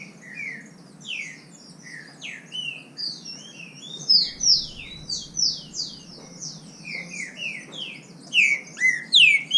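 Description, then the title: Green-winged saltator song: quick successions of bright, swooping whistles overlapping one another, growing louder toward the end in several strong phrases. Singing in the bush, in song contest with a free-living bird of the same kind. "Trinca Ferro NICÃ O No Mato Disputando Com Solto"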